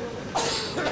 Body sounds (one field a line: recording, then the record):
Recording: coughing mixed with background sound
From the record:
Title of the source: Spring Allergy Coughing